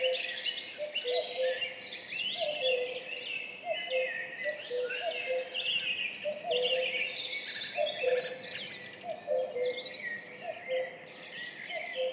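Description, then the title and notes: Common cuckoo calls, two birds giving low falling two-note 'cu-coo' calls in steady succession, beneath a busy chorus of high chirping and whistling songbirds. Duet of two common cuckoos recorded at 5:20 at dawn on 14 May 2019, in spring, on the Piste aux espagnols, Val Maravel; stereo recording with Mixpre3 and MKH8020 microphones. "Duo de coucou. 14 mai 2019-Piste aux espagnols - Val Maravel - 5h20. un mémorable duo de deux coucous gris"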